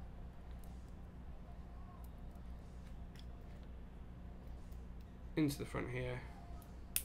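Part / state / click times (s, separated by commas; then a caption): plastic stabilizer insert into stabilizer housing / seated / 7.0 s. A plastic stabilizer insert is pressed into the front of its stabilizer housing while someone talks over a steady low hum. At 7.0 seconds a loud, sharp snap is heard as the part seats into the housing.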